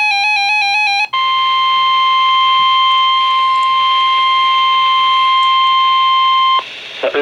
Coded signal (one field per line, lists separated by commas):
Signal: Emergency Alert System (SAME) tones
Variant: 1050 Hz attention tone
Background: music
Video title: Most Notable EAS Alert Captures from 2019 & 2020 (#1,741 - 1,770)